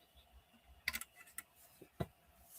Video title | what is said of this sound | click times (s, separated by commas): Vintage Variety Sale | Closes firmly. Clicks in place. | 0.9 s